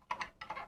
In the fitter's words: push it back in there, and it clicks in place.